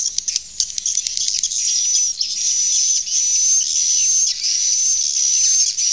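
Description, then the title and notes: Swiftlets twittering in a thick high chorus, broken clicks early on, then long stretches of buzzy chatter with a faint whistled tone threading through. Used in swiftlet farming in Asia. "Swiflet Bird Sound. Farming Swiflet Bird asia sound"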